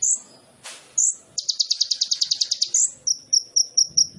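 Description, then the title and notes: Sunbird song: sharp upslurred notes and a click, a fast high trill, then a series of evenly spaced thin chips. Masteran for training songbirds, suitable as a lure (pancingan): full fill-ins (isian) and tembakan bursts in lively gacor singing. "MASTERAN KOLIBRI NINJA FULL ISIAN DAN TEMBAKAN COCOK BUAT PANCINGAN. Suara Burung Kolibri Ninja Gacor"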